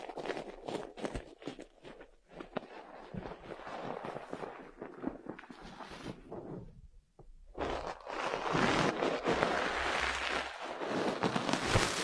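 An ear massage with dense crackling, rubbing and quick tapping sounds that come in irregular bursts. Around the seven-second mark it briefly drops almost to silence. Then it returns louder and brighter, with a thick, steady rustle that carries to the end.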